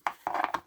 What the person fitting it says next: Looks like that just pops right in, right?